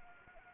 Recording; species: mosquito wingbeat signal from an infrared sensor; Anopheles arabiensis